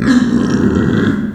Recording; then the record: squeal of a Yucatan mini pig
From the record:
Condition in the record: after surgery on the right vocal fold (resection and tissue-engineered implant); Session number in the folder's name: 4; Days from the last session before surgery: 26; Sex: female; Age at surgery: 19 weeks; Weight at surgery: 25 kg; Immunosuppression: prednisolone